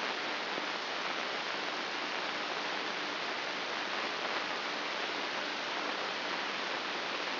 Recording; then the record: brain microelectrode recording played as sound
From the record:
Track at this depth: inside the subthalamic nucleus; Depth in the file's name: 6.416 mm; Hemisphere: left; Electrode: 2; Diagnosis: Parkinson's disease